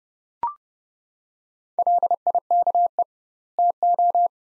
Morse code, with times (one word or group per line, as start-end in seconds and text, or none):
1.8-3.0 LIKE
3.6-4.3 TO